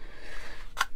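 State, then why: Not seated. Someone pushes a knife sheath's belt clip onto a belt, trying to lock it in place. Over a faint background hiss, a single sharp hit lands at 0.8 s, but it is not a lock, and the clip has not clicked or seated yet.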